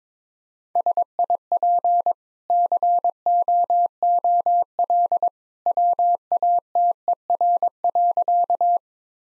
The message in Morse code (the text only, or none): SIP COOL WATER.